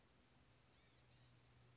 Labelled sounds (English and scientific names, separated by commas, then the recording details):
Blue-gray Gnatcatcher (Polioptila caerulea)
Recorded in Sonoma County, California